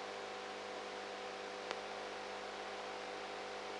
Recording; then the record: brain microelectrode recording played as sound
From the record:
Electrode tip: outside the subthalamic nucleus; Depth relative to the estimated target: 1 mm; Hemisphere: right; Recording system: NeuroSet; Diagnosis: Parkinson's disease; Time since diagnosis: 19 years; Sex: female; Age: 58 years